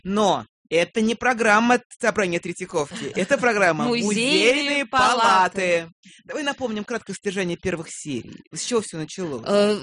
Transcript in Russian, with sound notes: Но это не программа «Собрание Третьяковки», это программа: (хором с) «Музейные палаты»! Давай напомним краткое содержание первых серий, с чего все началось?